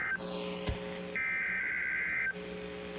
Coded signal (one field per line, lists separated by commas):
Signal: Emergency Alert System (SAME) tones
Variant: header bursts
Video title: MORE TESTING PART 2... EAS Tests from September 2023 (EAS #3,103 - 3,149)